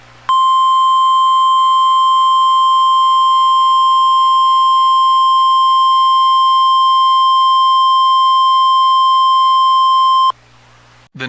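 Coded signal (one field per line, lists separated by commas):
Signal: Emergency Alert System (SAME) tones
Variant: 1050 Hz attention tone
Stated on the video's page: Tornado warnings caused by Tropical Storm Beta in Mississippi and Louisiana.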